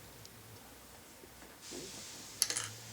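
A small flathead screwdriver is worked behind a small plastic access cover on the interior door panel of a 2007-2014 Nissan Rogue to pry it out. A quiet background hum gives way to a brief scraping from about 1.6 s. A sharp snap at 2.4 s, followed by a few smaller clicks, marks the cover popping off.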